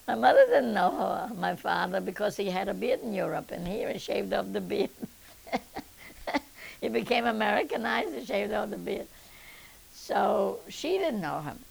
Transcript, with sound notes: My mother didn't know my father because he had a beard in Europe, and here he shaved off the beard. ( she laughs ) He became Americanized and shaved off the beard. So she didn't know him.